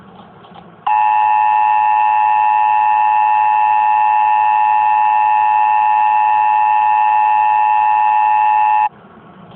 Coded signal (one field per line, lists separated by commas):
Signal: Emergency Alert System (SAME) tones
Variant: 853 and 960 Hz attention tone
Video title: EAS Mock: May 6th will be near...